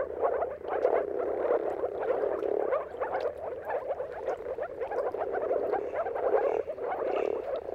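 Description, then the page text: Moor frog mating chorus, many low bubbling calls blending into a steady, muffled gurgle that swells and dips slightly over several seconds. Chorus of many moor frogs giving mating calls at sunrise at the turn of March and April, timing depending on weather. "earth-fm Jakub-Orzecki. Depending on the weather at the turn of March and April, you can witness an amazing spectacle of moor frogs"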